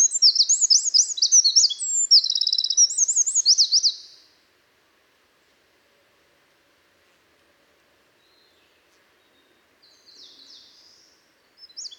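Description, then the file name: Eurasian wren singing a rapid high-pitched burst of trills and zigzag notes for about four seconds, then quiet with faint high notes later. "Troglodytes troglodytes"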